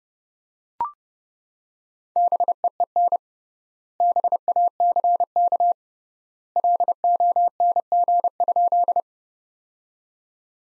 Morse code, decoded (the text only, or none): BEEN BACK LONG?